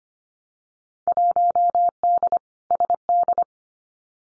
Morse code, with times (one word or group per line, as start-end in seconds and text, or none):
1.1-2.4 1D
2.7-3.4 SD